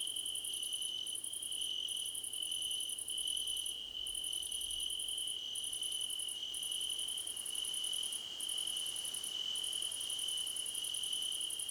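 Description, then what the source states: Cricket chorus in which very high pulsed trills start and stop about once a second over an unbroken high-pitched drone. Crickets in a choir competition.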